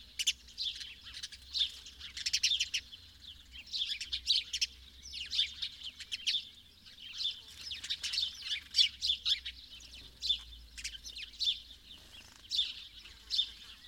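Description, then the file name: House sparrow chirping, a steady stream of short harsh cheeps in bursts, with a faint low hum beneath. "Passer domesticus"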